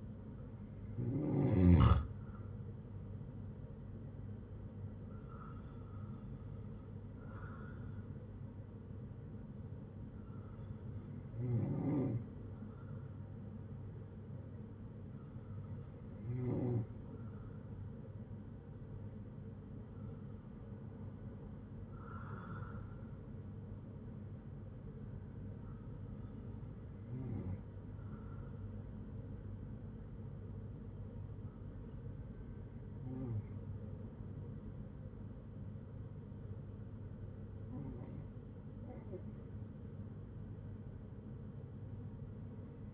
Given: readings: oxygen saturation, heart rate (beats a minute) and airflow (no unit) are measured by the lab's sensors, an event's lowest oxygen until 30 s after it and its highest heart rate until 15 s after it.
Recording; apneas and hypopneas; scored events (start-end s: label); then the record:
breathing in sleep by a smartphone at the bedside; none
none scored
From the record:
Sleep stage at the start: N2 (light sleep); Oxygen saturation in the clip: 95 to 96%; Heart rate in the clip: 58 to 67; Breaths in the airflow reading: 8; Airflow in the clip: -4.9 to 6.6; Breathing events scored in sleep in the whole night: 182 in 7.4 hours asleep